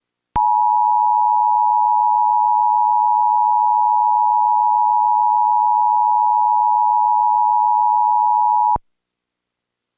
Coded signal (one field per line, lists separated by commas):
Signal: Emergency Alert System (SAME) tones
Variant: 853 and 960 Hz attention tone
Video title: WDFA-TV Silver Alert for Arizona EAS #15